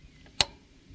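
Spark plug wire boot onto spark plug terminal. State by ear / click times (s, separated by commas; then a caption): seated / 0.4 s. A spark plug wire boot is pushed onto the head of a spark plug on a two-plug lawn mower engine until its internal clip grabs the terminal. A faint tick at 0.3 s is followed by a sharp, bright click at 0.4 s. The boot is seated all the way on the plug.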